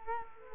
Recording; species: mosquito wingbeat signal from an infrared sensor; Culex quinquefasciatus